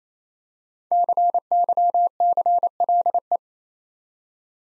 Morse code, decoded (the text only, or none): CYCLE